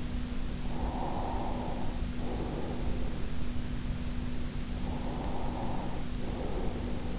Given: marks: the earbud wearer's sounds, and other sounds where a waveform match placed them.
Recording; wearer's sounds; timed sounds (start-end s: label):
sounds in sleep by an in-ear microphone; breath
0.72-3.14 s: breath
4.89-7.19 s: breath